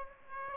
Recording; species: mosquito wingbeat signal from an infrared sensor; Aedes aegypti